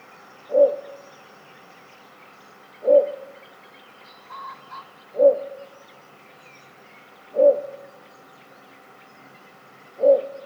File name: torpegem-hangja -torpegem-Ixobrychus-minutus